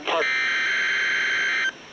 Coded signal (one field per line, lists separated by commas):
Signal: Emergency Alert System (SAME) tones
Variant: header bursts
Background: speech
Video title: EAS #720-721 - Required Weekly Tests